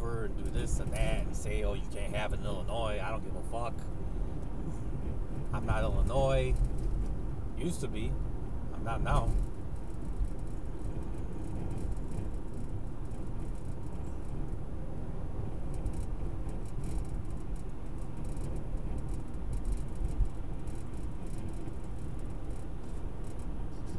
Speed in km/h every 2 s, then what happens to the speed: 60, 61, 61, 60, 58, 56, 56, 58, 56, 56, 56, 56.
0-24 steady at about 56.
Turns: none.